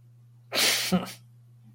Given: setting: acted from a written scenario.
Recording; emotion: vocal sound without words; amusement